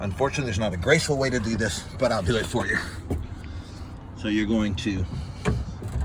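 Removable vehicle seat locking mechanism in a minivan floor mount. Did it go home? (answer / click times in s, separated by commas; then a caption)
no / none. Someone talks while handling the removable second-row seat of a 2013 Dodge Grand Caravan Braun minivan, which sits in its floor-mount locking mechanism and is about to have its release pedal stepped on while being lifted. The goal is to lock the seat into its raised position on its wheels so it can be rolled out. Nothing has seated or locked yet.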